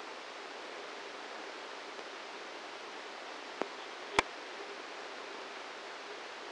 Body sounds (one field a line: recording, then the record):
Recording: brain microelectrode recording played as sound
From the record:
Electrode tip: inside the subthalamic nucleus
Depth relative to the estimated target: -2 mm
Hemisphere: left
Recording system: NeuroSet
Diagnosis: Parkinson's disease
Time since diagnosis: 8 years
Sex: male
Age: 58 years